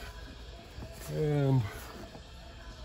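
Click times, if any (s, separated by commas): none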